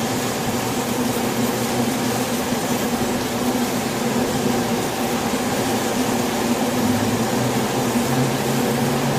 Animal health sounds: honeybee colony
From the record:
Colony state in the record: swarm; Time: day

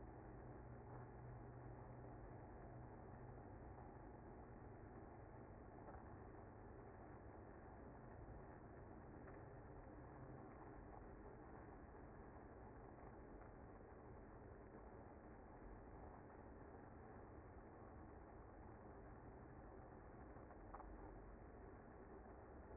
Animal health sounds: honeybee colony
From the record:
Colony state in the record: active

